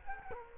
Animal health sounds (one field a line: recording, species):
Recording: mosquito wingbeat signal from an infrared sensor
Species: Culex quinquefasciatus